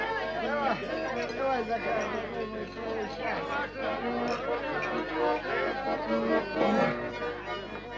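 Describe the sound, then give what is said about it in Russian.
A steady babble of many wedding guests talking and laughing at once, with a few faint, brief clinks of vodka glasses touching in a toast under the chatter. “Они чокаются с гостями.”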